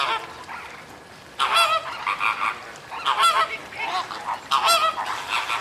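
Bird honking, a quiet first second, then loud harsh honks repeated by several birds.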